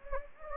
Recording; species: mosquito wingbeat signal from an infrared sensor; Anopheles gambiae